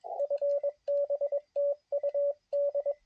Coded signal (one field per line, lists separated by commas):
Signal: Morse code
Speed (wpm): 21 wpm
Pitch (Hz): 560 Hz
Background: radio noise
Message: FB TU D